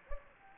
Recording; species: mosquito wingbeat signal from an infrared sensor; Anopheles gambiae